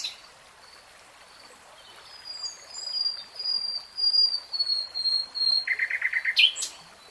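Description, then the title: Nightingale song: soft high thin whistles build into a rapid rattling trill and a sharp upswept note. Nightingale singing in real time. "[Tiếng chim hót] 3 Hours REALTIME Nightingale Singing"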